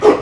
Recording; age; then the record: pig call; growing-finishing pig (85 days or more)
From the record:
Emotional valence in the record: positive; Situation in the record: run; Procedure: transit